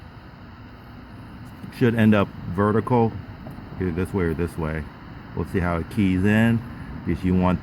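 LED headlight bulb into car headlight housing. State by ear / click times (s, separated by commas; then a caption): not seated / none. An LED headlight bulb is held at the headlight housing of a 2009 R56 Mini Cooper and lined up before insertion, turned so the LEDs face left and right and the bulb ends up vertical, checking how it keys in. Someone talks over a steady low background hum. The bulb has not yet seated or clicked in.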